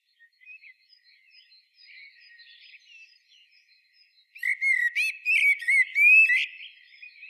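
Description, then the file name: Eurasian blackbird: faint soft warbling at first, then a loud phrase of fluted whistles broken by sharp, high squeaky twitters toward the end. "Turdus merula"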